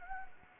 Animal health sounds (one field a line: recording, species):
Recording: mosquito wingbeat signal from an infrared sensor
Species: Anopheles gambiae